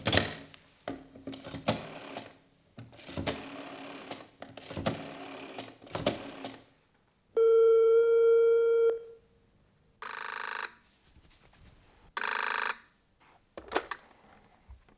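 A rotary telephone dial clatters through several rapid runs of clicks, then a steady buzzing tone sounds, followed by two short, loud bursts of a ringing bell.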